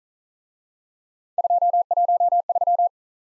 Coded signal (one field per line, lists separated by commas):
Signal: Morse code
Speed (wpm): 41 wpm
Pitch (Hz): 700 Hz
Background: none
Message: 213